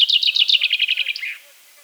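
Common chaffinch song, a fast run of bright notes descending slightly in pitch and ending abruptly after about 1.3 seconds, then quiet.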